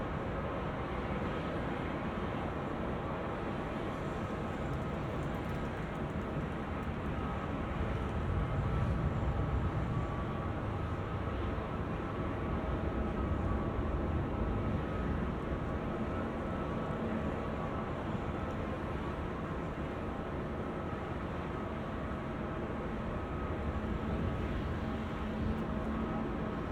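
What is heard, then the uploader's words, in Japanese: Airfield sound: a steady, dense engine roar fills the whole clip, heavy in the low end with a faint constant hum above. The low rumble swells briefly around nine seconds, then settles back to an even drone with no clear separate events. 飛行場の音 – Airfield。羽田空港で録音しました。エンジン音は常に鳴っていますが、コロナの影響で飛行機の発着が少ないですね…。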